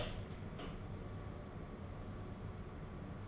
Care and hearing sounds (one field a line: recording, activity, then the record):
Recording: daily activity, microphone in the room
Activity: open door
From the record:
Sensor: 4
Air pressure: 1016.0 hPa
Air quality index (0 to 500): 204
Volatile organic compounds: 12 ppm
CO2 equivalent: 2326 ppm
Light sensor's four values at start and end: 9/20/8/7 and 9/20/8/7